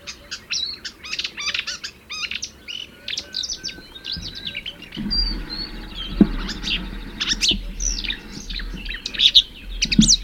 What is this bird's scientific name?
Acrocephalus palustris